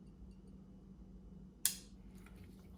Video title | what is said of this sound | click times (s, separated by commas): K20 Type S OIL PUMP INSTALL ON K24 (STEP BY STEP) | and there it is three clicks | 1.7 s